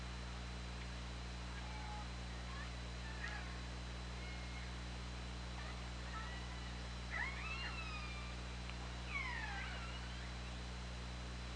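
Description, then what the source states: Orca calls, scattered short tonal notes, then strong sweeping harmonic calls near seven and nine seconds, backed by a continuous low hum. OrcaLab hydrophone recording, 24 August 2017, 20:21:32.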